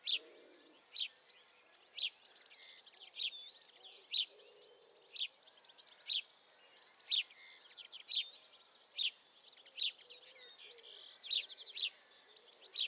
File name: Passer domesticus